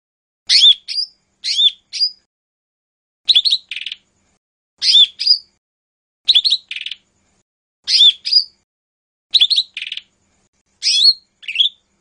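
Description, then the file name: Leafbird repeating a short phrase of two or three sharp, slurred high whistles, with brief pauses between phrases. "cucak hijau mini. omkicau"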